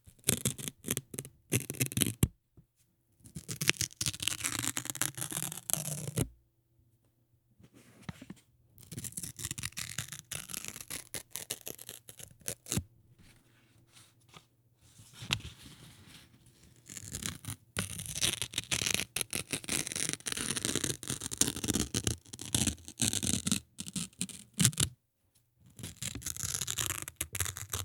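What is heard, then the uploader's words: Notebook paper is torn in a series of dry, crackling rips, each lasting a few seconds with short silent pauses between them. The tearing is bright and rough, sometimes slow and scratchy, and a faint low hum sits underneath. Tearing Notebook Paper.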